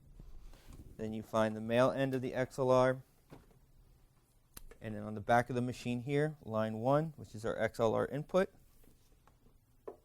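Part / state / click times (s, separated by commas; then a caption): male XLR cable plug into transmitter line one input / seated / 9.9 s. The male end of an XLR cable is pushed into the line one XLR input on the back of an interpreter control unit transmitter while someone talks. It clicks and latches into place at 9.9 s, and the connector is seated.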